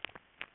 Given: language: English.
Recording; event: throat vibration sensor signal played as sound; swallow